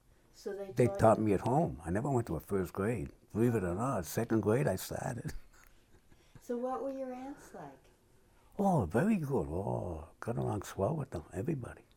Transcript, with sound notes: So they taught -
They taught me at home. I never went to a first grade. Believe it or not, second grade I started. [laughs]
So what were your aunts like?
Oh, very good. Oh. Got along well with them, everybody.